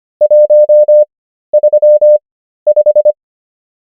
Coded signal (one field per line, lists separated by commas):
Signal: Morse code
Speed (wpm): 25 wpm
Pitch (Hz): 600 Hz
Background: none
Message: 135